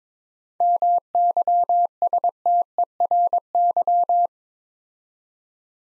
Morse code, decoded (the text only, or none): MYSTERY